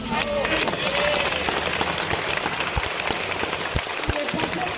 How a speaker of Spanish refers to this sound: Y un aplauso porque lo hemos hecho muy bien.